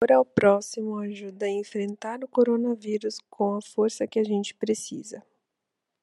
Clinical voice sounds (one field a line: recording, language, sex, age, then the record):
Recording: spoken sentence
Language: Brazilian Portuguese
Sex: female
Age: 20 to 29 years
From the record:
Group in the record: control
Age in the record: 26 years